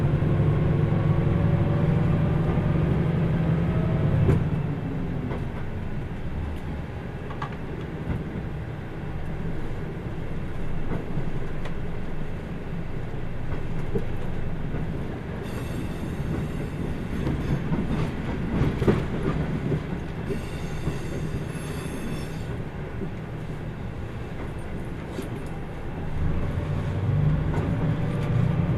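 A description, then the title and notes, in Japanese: A ride on the Kyushu Odan limited express along the Hohi Line, from Tateno to Miyaji: a steady, deep rumble of the train runs throughout. A low droning hum fades out after about four seconds and returns near the end, while thin, high squeals from the wheels come through around 16 and 21 seconds. 豊肥本線 九州横断特急3号 立野→宮地。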